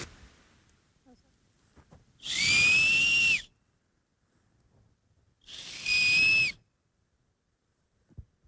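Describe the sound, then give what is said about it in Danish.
Two loud, breathy whistles, each about a second long, made by blowing across a maple leaf in a forest, with a shrill, slightly rising tone over a hissy rush of air and a pause between them. “Det er jo ligesom, man kan med et græsstrå.”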